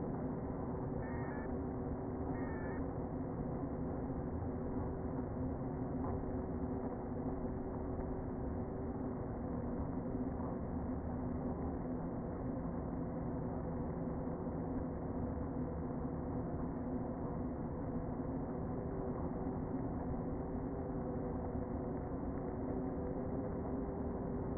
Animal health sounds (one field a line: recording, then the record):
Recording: honeybee colony, microphone inside the hive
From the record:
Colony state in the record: queen present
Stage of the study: before two queens were removed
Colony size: about 60,000 bees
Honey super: yes